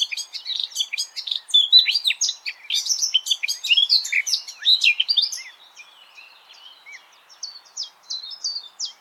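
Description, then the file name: Eurasian blackcap song, an energetic rich warble for five seconds, then softer, thinner scattered notes trailing off. "Sylvia atricapilla"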